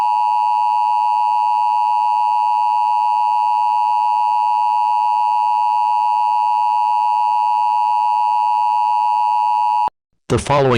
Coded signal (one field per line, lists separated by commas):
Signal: Emergency Alert System (SAME) tones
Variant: 853 and 960 Hz attention tone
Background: speech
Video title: EAS Scenario 7: Mario 85